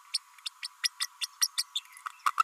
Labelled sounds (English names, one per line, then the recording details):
Green-rumped Parrotlet babbling
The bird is a female
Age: 32 days
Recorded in a nest box in Venezuela
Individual 17B32A5